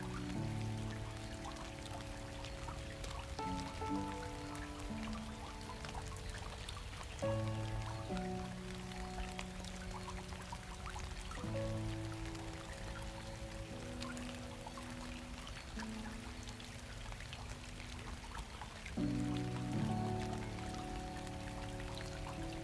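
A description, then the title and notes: Rain falls steadily into a stream, a dense, even hiss of drops and running water throughout. Soft sustained music plays over it, slow held chords with a low bass that shift every few seconds, around 4, 8, 11 and 19 seconds. The Soothing Sound of RAIN Falling into a Stream and MUSIC. The calming sound of rain in a stream, accompanied by soft and relaxing music.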